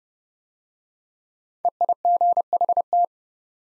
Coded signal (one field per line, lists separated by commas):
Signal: Morse code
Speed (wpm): 30 wpm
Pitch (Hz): 700 Hz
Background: none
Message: EIGHT